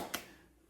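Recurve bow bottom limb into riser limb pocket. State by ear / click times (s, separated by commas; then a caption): seated / 0.1 s. The bottom limb of a 2026 Hoyt Xceed 2 recurve bow is pushed into the riser's limb pocket, and a single sharp snap is heard at 0.15 s. It then fades into quiet, and the limb is seated in place.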